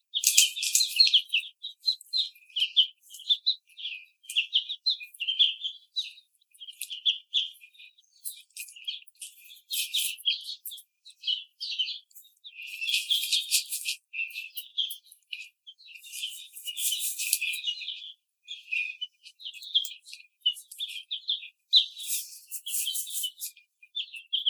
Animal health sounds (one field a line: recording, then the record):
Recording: young laying hens in a cage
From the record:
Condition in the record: treatment cage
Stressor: simulated dog barking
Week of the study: 5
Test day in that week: 1